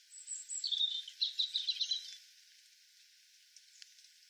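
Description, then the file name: European robin delivering one rich, jumbled warbling phrase of high tinkling notes for about two seconds, then near silence with faint ticks. "Erithacus rubecula"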